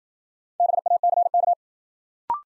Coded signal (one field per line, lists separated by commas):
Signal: Morse code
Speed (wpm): 56 wpm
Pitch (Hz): 700 Hz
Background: none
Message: BACK